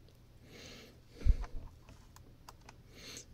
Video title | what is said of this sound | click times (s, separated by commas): MP-ZZ Nerf Blaster mit Kettensäge und Sound Review | so jetzt ist es wieder eingerastet. | 2.5 s